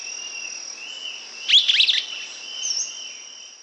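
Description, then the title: Streaked flycatcher gives a short burst of sharp, squeaky notes, with a continuous high-pitched insect hum throughout. Subspecies solitarius. "LuckyPassaro Completos2Sama. Streaked Flycatcher (Myiodynastes maculatus solitarius)"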